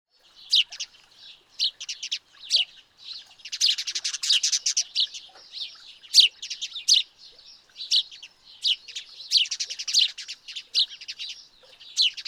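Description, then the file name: House sparrow chirping, repeated short sharp notes with dense chattering bursts in between. "Passer domesticus"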